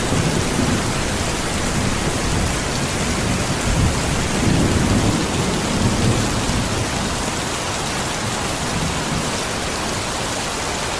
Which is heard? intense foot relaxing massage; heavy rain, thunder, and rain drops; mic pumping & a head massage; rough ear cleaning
heavy rain, thunder, and rain drops